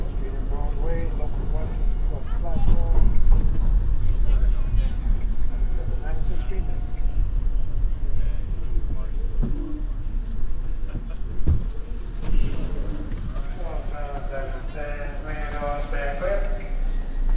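A binaural field recording on a trip through the MTA, with a heavy, steady low rumble running throughout. Voices talk over it, clearest near the start and again from about twelve seconds on, and a single sharp knock lands around eleven seconds.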